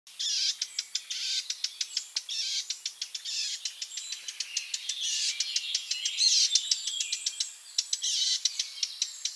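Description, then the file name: Eurasian blackcap giving rapid dry ticking calls, several clicks per second throughout, over a steady high hiss of background noise. "Sylvia atricapilla"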